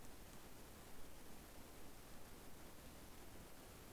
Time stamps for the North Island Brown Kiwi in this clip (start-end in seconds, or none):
none